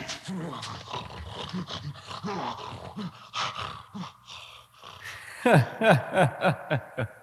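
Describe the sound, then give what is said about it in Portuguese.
A lion growls through a fight with Samson, who kills it with his bare hands: rough, low snarls at first, then a loud burst of strained, rising roars and yelps toward the end. “Sansão saltou sobre aquele leão forte e, pegando-o somente com as suas mãos, matou-o como se fosse um cabrito.”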